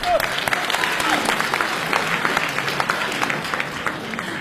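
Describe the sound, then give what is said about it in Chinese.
A crowd claps steadily and densely throughout, a sustained wash of applause with sharp individual hand claps scattered through it, holding an even loudness from start to finish, welcoming the third contestants, a crosstalk act from the Taipei Quyi Troupe, on a Beijing TV show. “那接下来掌声有请来自于台北曲艺团的”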